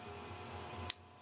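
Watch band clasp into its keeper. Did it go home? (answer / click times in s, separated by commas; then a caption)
yes / 0.9 s. A G-Shock MTG-900 watch band clasp is pressed into its keeper. A low steady hum runs underneath until a single sharp, bright click at 0.9 s as the clasp locks in, after which the clip goes quieter. The clasp is seated.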